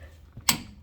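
A click-type torque wrench set to 95 ft-lb is used to check a 9/16 U-bolt nut on a Kelderman front air suspension install on a first-generation Cummins, confirming the nut is torqued to spec. After a couple of faint ratcheting ticks around 0.3 and 0.4 seconds, the wrench gives one sharp, loud click at 0.5 seconds as the nut reaches spec.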